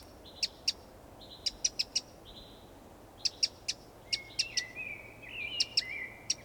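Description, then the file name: Eurasian wren-type calls: sharp, dry ticking notes in small bursts, mixed with short high whistled notes and a few thin whistles near the end. "Troglodytes troglodytes"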